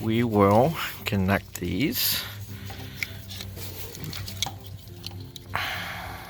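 On a 1990-96 Ford F150 OBS side fuel tank replacement, a fuel line quick-connect fitting is handled at a port on the brand-new fuel tank. Someone talks briefly at the start, then there are quiet handling noises with short sharp taps. The connector has not clicked or seated yet.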